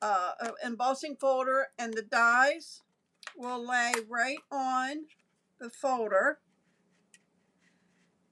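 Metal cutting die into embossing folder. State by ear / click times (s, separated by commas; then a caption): seated / 7.1 s. A metal cutting die is laid onto a hybrid embossing folder and pressed until it snaps into place at 7.1 seconds, so it can't move. Someone talks through the first six seconds, then after a quiet gap a single short, faint click marks the die seating in the folder.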